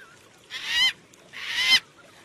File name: Canto da cacatua funebre